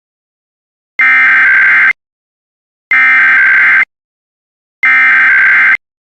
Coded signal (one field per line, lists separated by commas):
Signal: Emergency Alert System (SAME) tones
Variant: header bursts